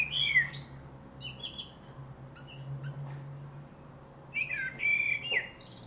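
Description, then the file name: Common blackbird song: a low whistled phrase opens, then squeaky high twitters, and a second warbled phrase with sharp high notes toward the end, above a low droning hum. "Turdus merula"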